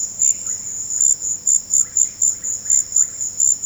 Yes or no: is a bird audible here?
no